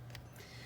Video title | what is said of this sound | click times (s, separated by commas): Porsche 944 LED Dash Upgrade (Early Car) | that goes in and simply twists once it twists it's locked into place | 0.1 s